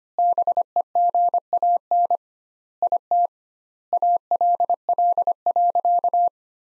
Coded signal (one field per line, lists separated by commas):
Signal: Morse code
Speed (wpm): 25 wpm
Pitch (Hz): 700 Hz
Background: none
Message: BEGAN IT ALL.